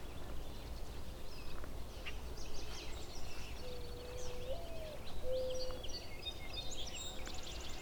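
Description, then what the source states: Mourning dove song: a soft low coo that rises near its end, then a shorter steady note, among chattering higher birdsong and a steady background rumble. Singing; could be male or female, as both sexes sing.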